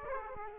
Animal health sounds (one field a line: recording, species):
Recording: mosquito wingbeat signal from an infrared sensor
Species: Aedes aegypti